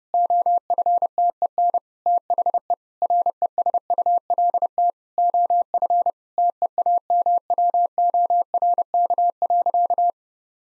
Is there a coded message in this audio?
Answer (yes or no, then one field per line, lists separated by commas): yes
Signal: Morse code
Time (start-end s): 0.1-10.1 s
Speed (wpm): 30 wpm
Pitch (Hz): 700 Hz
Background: none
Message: OFTEN THE RESULT OF TEAMWORK.